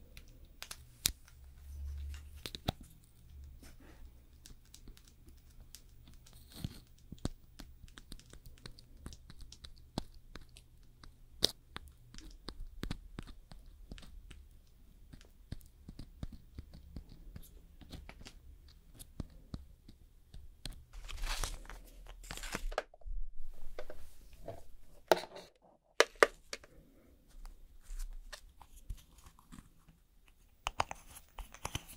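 Nail extension and gel nail work: sparse sharp clicks, taps and small scrapes scattered over a low steady hum. Around 21 to 23 seconds the handling gets busier, with crinkly rustling bursts, then a loud clack near 26 seconds before it quiets again.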